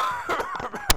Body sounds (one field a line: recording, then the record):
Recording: coughing mixed with background sound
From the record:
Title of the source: Heavy cold and sore throat coughing.